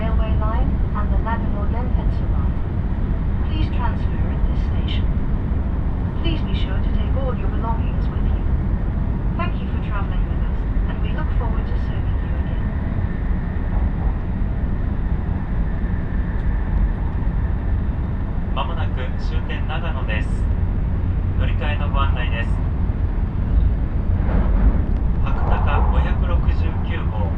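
Recorded aboard a moving train, with a steady, heavy low rumble of the running carriage filling the whole clip. Voices talk on and off above the noise, clustered early on and again after about eighteen seconds, sounding muffled.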